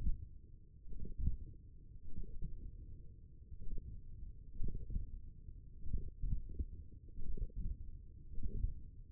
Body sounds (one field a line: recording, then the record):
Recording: forearm muscle sounds (acoustic myography)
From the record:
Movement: tripod grip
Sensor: system 1, eight BSWA MPA416 microphones around the upper forearm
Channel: 1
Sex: male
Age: 42 years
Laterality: right